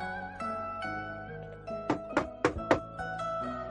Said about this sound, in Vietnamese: Lăng Phong bị tiếng gõ cửa đánh thức